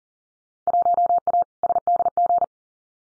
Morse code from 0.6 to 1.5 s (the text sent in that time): 1A